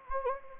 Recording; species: mosquito wingbeat signal from an infrared sensor; Anopheles gambiae